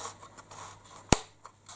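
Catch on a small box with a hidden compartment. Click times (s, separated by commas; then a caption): 1.1 s. A catch on a small box with a hidden compartment is worked by hand, with faint handling and fiddling sounds before it releases with a single sharp click at 1.1 seconds. Quieter small taps follow as the box opens.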